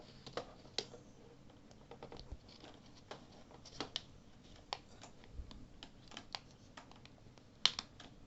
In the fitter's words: you hear that that's the clicking you want to hear on one side and then you do the other side